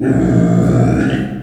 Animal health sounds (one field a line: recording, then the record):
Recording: squeal of a Yucatan mini pig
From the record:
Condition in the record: after surgery on the right vocal fold (resection and tissue-engineered implant)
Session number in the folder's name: 3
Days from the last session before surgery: 21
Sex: female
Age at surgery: 19 weeks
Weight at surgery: 25 kg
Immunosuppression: prednisolone